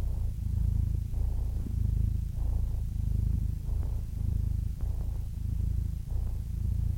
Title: The Ultimate Compilation of Adorable Cat Meows